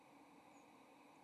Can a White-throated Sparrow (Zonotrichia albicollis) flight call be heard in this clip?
no